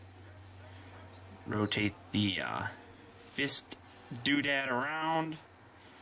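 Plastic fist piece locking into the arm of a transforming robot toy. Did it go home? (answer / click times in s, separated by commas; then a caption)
no / none. A plastic fist piece on the arm of a Fansproject CA-04 Stormbomb (aka Bombshell) transforming robot toy is handled and rotated around during transformation while a man talks over a steady low hum. The clip ends before the fist locks into position; nothing has seated or clicked yet.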